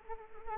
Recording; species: mosquito wingbeat signal from an infrared sensor; Anopheles arabiensis